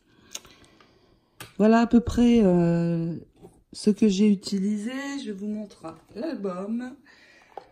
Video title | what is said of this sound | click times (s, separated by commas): Tutoriel partie 2 : album stamperia wedding :décoration de la couverture | ça vous trouvez ça en rayon un couture ça s'enclenche comme ceci voilà | 0.4 s